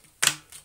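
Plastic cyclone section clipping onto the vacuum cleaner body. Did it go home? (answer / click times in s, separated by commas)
yes / 0.3 s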